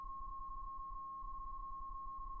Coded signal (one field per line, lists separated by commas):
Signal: PSK31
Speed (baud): 31.25 baud